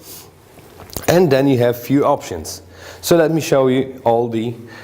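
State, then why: Seated. With a bag's opening placed between the sealing strips, the plastic lid of a Royal Catering RCVG-32P food vacuum sealer is pressed down on both marked hand signs and latches onto the base with a sharp, short click at 1.0 s, after a faint tap at 0.8 s. The lid is seated shut, and someone then talks.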